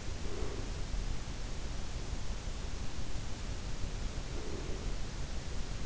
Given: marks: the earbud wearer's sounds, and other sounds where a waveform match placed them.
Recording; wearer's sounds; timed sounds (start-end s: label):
sounds in sleep by an in-ear microphone; breath
0.10-0.91 s: breath
4.24-5.11 s: breath